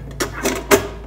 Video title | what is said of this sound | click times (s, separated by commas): How to use the Instant Pot Duo Crisp with Ultimate Lid | you just push it until you hear a click go ahead and close it oh add our water | 0.2 s, 0.7 s